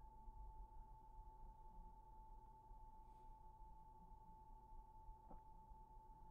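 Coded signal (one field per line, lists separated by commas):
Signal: PSK31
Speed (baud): 31.25 baud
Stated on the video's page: Signals received on VHF from the International Space Station and on shortwave bands.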